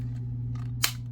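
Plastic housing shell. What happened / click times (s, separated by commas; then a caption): The plastic housing halves snapped together / 0.8 s. The two plastic shell halves of an RC transmitter, which were not lined up and had not snapped together, are twisted into alignment, with faint handling rustles over a steady low hum. The housing half seats into its matching half with a sharp plastic click at 0.8 s, and the housing is snapped together.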